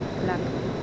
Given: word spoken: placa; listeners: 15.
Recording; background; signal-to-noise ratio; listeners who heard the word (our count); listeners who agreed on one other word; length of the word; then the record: one Spanish word in noise, from a listening test; speech-shaped noise; -4.2 dB; 1 of 15; 6 of 15; 0.43 s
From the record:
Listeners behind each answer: 6, 2, 1, 1, 1, 1, 1, 1, 1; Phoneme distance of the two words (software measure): 17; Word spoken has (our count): 2 syllables, 5 phonemes, stress on syllable 1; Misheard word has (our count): 2 syllables, 6 phonemes, stress on syllable 1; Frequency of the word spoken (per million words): 15.16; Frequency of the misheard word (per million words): 69.40